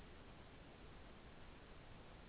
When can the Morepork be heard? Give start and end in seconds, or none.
none